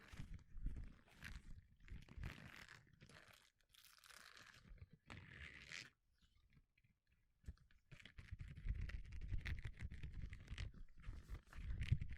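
Gloves rustle and crinkle in dense, crunchy bursts, going quiet around six seconds before a busier stretch of handling resumes near eight.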